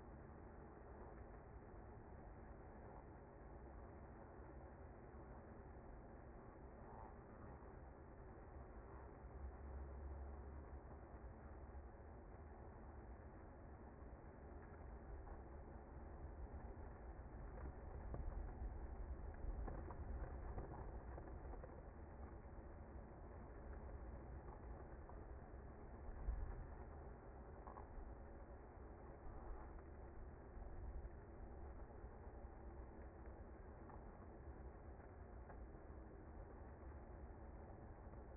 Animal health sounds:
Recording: honeybee colony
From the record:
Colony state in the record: active

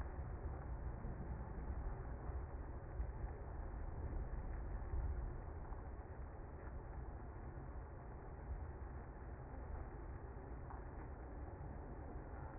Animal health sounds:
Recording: honeybee colony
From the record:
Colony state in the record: active

